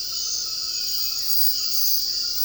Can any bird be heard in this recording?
no